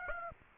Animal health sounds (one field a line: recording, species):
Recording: mosquito wingbeat signal from an infrared sensor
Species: Aedes aegypti